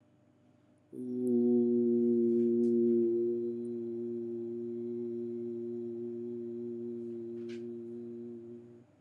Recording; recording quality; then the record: sustained vowel as in boot; excellent, no background noise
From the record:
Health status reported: COVID-19 positive, mild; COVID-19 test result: positive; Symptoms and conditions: breathing difficulty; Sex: male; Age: 47 years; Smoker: not ticked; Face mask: worn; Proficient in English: yes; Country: India